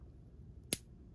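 The Phillips screwdriver blade of a Sunbird folding multi-tool is swung open in its handle and locks in place with a single sharp, bright click at 0.7 s. Only a faint low rumble is heard before and after the click. The blade is seated and locked open.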